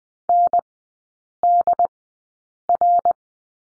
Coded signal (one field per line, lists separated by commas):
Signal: Morse code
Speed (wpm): 20 wpm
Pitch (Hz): 700 Hz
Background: none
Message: NDR